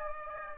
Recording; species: mosquito wingbeat signal from an infrared sensor; Aedes aegypti